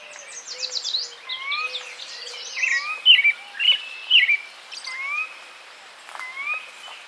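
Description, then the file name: Sora calls as short rising whistled notes, repeated at uneven intervals, amid a busy chorus of other chirping and twittering birds. "Porzana carolina - Sora"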